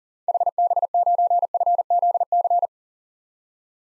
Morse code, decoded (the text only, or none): HB9FZC